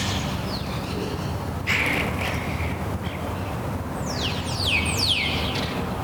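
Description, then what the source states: Birds give harsh descending chirps, a short burst near two seconds and a run of sweeping notes toward the end, over constant low background rumble. Morning birds at Les Jardins de Carthage, Sidi Daoud, Tunis, Tunisia.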